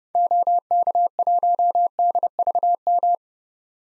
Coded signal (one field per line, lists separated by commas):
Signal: Morse code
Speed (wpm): 32 wpm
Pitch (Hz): 700 Hz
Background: none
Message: OK1DVM